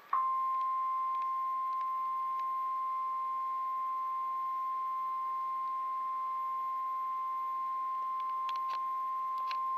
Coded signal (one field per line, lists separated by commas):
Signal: Emergency Alert System (SAME) tones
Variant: 1050 Hz attention tone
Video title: EAS #58 - Severe Thunderstorm Warning 6/29/14